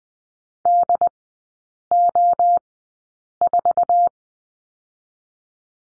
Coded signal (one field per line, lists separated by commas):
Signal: Morse code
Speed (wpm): 20 wpm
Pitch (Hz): 700 Hz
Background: none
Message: DO4